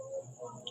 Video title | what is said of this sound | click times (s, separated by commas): 11111111144444 | lock. Di ba? Na-lock na. | 0.7 s